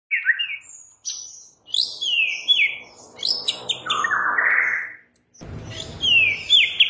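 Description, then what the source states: White-rumped shama song of varied clear whistles, slurred notes and high chips in quick succession, with a faint low rumble in places. Tutor song with full ngerol and nembak song styles.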